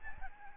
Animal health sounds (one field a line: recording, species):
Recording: mosquito wingbeat signal from an infrared sensor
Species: Aedes albopictus